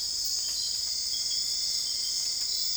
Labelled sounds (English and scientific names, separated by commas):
none